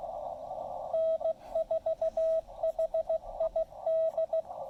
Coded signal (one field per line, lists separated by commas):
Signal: Morse code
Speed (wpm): 16 wpm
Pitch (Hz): 650 Hz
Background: radio noise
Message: N4HID